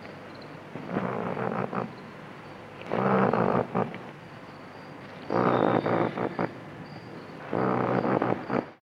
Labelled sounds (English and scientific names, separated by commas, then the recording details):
Southern Cassowary (Casuarius casuarius)
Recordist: Tembrock, Günter
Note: Rufe eines Jungtieres